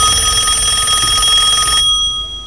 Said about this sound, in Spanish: De pronto, el timbre del teléfono lo sacó de sus pensamientos.